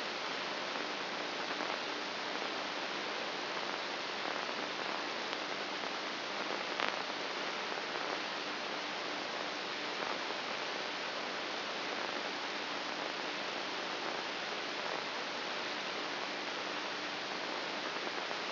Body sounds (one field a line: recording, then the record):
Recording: brain microelectrode recording played as sound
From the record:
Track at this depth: outside the subthalamic nucleus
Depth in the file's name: 2.138 mm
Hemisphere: left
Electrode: 2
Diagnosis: Parkinson's disease